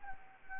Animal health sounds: mosquito wingbeat signal from an infrared sensor; Anopheles gambiae

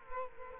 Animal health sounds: mosquito wingbeat signal from an infrared sensor; Culex quinquefasciatus

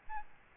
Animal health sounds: mosquito wingbeat signal from an infrared sensor; Aedes albopictus

